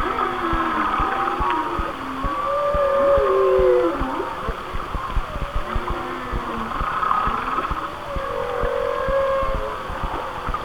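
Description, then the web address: Whale song of short rising moans and a stronger mid-pitched wail, then quieter phrases, with a steady patter of clicks behind. "Natures Songs Whale Songs Whale Songs- Mike Mc Donald"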